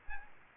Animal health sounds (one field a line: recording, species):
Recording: mosquito wingbeat signal from an infrared sensor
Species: Aedes aegypti